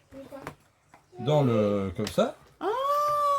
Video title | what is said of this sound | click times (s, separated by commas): Haul Courses 297 Leroy Merlin ! | Vous voyez, ça se fixe. Vous entendez le D'accord. clac, | 0.5 s